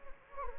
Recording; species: mosquito wingbeat signal from an infrared sensor; Anopheles gambiae